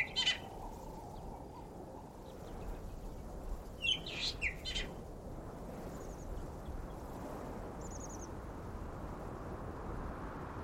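An outdoor nature recording with a steady, dense low rumble running throughout. Bright, scratchy bird calls break in at the start and again around four to five seconds, followed by short, thin high whistles near six and eight seconds.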